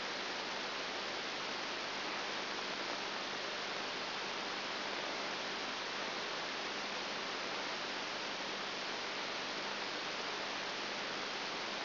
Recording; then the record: brain microelectrode recording played as sound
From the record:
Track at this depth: outside the subthalamic nucleus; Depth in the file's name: 0.306 mm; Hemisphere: left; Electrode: 3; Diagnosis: Parkinson's disease